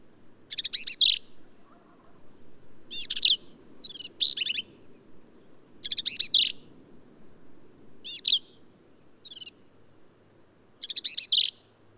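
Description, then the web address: Black-capped vireo singing short, scratchy, chattering high phrases, several of them, spaced one to two seconds apart with quiet gaps. "birdsongforthecurious Black-capped Vireo"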